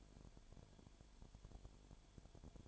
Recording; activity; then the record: daily activity, microphone in the room; no activity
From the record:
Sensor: 5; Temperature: 20.0 degrees Celsius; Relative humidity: 37.1%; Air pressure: 1007.4 hPa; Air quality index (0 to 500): 84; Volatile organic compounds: 1 ppm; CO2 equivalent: 955 ppm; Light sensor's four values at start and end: 2/3/1/1 and 2/3/1/1